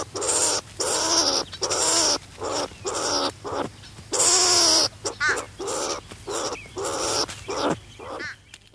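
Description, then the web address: Striped skunk producing a run of strained, whining squeals, each roughly half a second long and repeated steadily, with a few shorter high chirps in the second half. "earth naturelibrary assets s st striped skunk"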